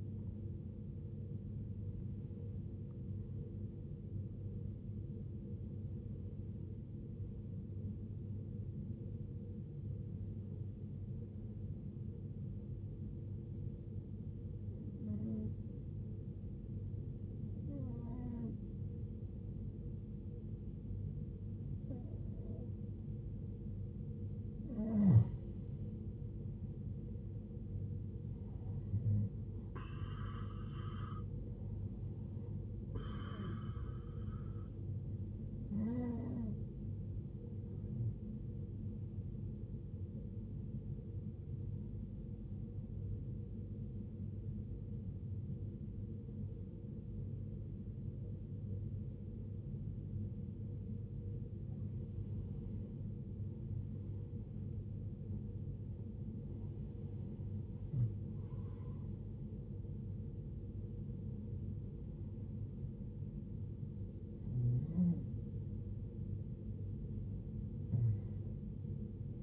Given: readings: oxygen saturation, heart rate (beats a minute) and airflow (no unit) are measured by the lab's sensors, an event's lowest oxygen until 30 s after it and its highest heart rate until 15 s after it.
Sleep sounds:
breathing in sleep by a smartphone at the bedside; 2
8.00-24.80 s: hypopnea (N1, oxygen 96% highest, then 88% lowest, heart rate 91 at the start, 91 highest)
39.00-69.43 s: new sleep stage, N2 (light sleep)
42.00-56.10 s: hypopnea (N2, oxygen 94% highest, then 89% lowest, heart rate 61 at the start, 83 highest)
From the record:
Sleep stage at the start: N1 (lightest sleep); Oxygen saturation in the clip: 85 to 96%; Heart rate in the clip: 51 to 103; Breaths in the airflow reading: 12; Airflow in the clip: -16.5 to 14.0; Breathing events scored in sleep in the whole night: 389 in 6.3 hours asleep

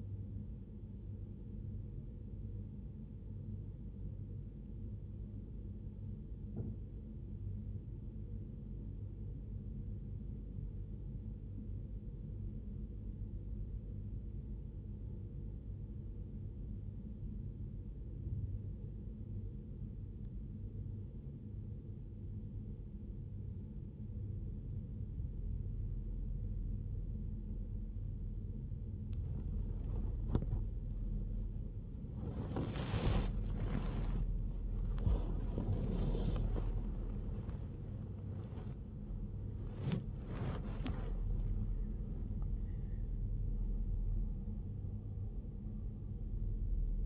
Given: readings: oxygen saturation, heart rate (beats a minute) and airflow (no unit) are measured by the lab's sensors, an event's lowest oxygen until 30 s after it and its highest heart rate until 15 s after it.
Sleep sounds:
a person awake in a sleep study, by a smartphone at the bedside; 1
15.00-31.20 s: hypopnea (N2, oxygen 94% highest, then 94% lowest, heart rate 59 at the start, 88 highest)
17.00-47.06 s: new sleep stage, awake
18.00-47.06 s: awake
From the record:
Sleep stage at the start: N2 (light sleep); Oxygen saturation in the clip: 93 to 94%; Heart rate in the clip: 59 to 88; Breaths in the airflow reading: 10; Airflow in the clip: -3.0 to 2.7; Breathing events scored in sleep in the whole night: 101 in 7.3 hours asleep

